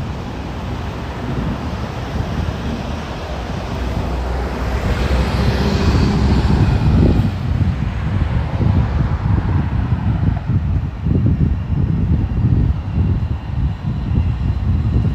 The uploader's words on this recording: Tel Aviv City Sounds. Walking In Ramat Aviv, Israel. Walking Around The Tel Aviv University.